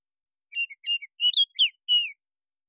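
Baltimore oriole delivering a brief series of mellow whistles, rising and falling notes ending on a longer downslurred tone, clean with nothing else audible.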